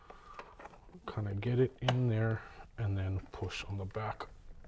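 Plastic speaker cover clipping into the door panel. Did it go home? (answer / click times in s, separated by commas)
no / none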